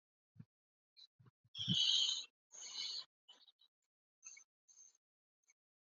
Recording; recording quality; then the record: deep breathing; moderate, slight background noise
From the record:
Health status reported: exposed to COVID-19, no respiratory illness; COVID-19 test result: negative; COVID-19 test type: RT-PCR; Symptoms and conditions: cough, fatigue, muscle pain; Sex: female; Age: 27 years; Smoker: no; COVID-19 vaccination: both doses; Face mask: worn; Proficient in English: yes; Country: India